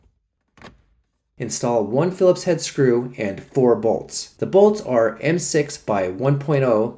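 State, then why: Seated. The lower plastic dashboard trim panel of a 1998 Toyota Tacoma is pushed onto the dash clips during an LED dashboard light installation, giving a quick double snap at 0.6 s and 0.6 s as it snaps into place. After a short pause, someone talks.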